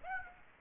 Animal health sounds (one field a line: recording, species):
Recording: mosquito wingbeat signal from an infrared sensor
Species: Aedes aegypti